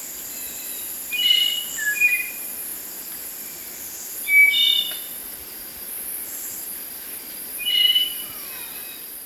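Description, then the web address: Spotted nightingale-thrush song: short phrases of clear, pure whistled notes at varied pitches, delivered about every three seconds over steady high hiss. Ecuador, South America. "S America Birds of Ecuador Spotted Nightingale-Thrush"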